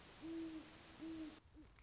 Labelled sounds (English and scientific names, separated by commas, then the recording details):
Great Horned Owl (Bubo virginianus)
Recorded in Sonoma County, California